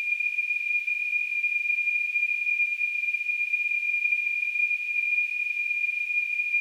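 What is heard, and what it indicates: A steady, unbroken high-pitched whistle with a thin hiss around it, holding the same pitch and loudness for the whole clip. This is a simulated tinnitus sound, imitating the ringing or whistling a person with tinnitus hears in the ears.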